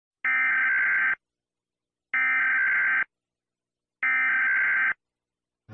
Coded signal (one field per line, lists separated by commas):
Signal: Emergency Alert System (SAME) tones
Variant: header bursts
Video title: Santi Republic EAS alarm(Adriana attack) Omega Disgusting Nightmare Loud